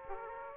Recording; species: mosquito wingbeat signal from an infrared sensor; Aedes aegypti